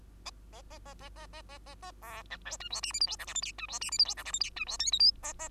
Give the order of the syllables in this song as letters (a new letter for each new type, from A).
A A A A A A A A A A B C D E F G H I J K L M N E F G H I J K L M N E F O P Q A A